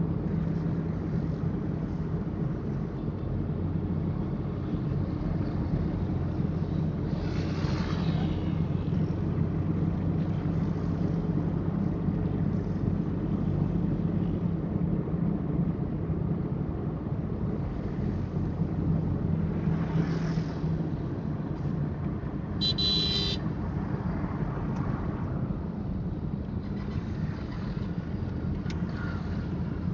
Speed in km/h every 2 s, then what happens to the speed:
40, 39, 39, 40, 41, 42, 42, 40, 40, 38, 35, 33, 27, 27, 28.
0-17 steady at about 40. 17-23 slows to 27. 23-30 steady at about 27.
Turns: none.